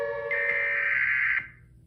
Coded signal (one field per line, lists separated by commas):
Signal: Emergency Alert System (SAME) tones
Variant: header bursts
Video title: EAS scenario 5 Barney error￼ 4/5 The return of the devil mafia the rise of Barney￼ error￼